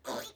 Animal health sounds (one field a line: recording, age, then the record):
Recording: pig call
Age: piglet (1 to 25 days)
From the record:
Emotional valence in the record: negative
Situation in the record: restrain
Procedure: back test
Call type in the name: low-frequency call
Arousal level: low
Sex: male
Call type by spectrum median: low-frequency call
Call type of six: low-frequency stable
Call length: 0.36 s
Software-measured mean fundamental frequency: 65 Hz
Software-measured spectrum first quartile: 629 Hz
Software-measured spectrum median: 1437 Hz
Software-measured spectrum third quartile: 4838 Hz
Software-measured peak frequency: 579 Hz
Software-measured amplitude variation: 189 dB a second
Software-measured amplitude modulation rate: 12.6 a second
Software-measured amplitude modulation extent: 15.0 dB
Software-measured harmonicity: 1.2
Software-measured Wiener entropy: -1.78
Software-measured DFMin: 1375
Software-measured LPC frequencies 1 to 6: 657, 1291, 3503, 4615, 6690, 8213 Hz